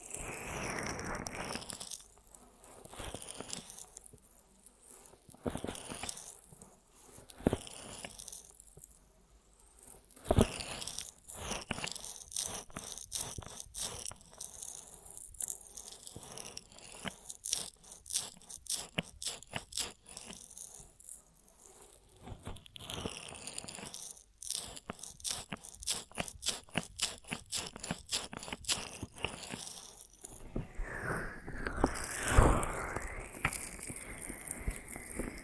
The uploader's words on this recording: ASMR Most Tingly Ear Massage Triggers for Sleep (No Talking).